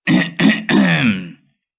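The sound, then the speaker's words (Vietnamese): An old man clears his throat with three gravelly bursts: two short rasps in quick succession, then a longer, drawn-out rumble that trails off into silence. “Lão Hậu hắng giọng.”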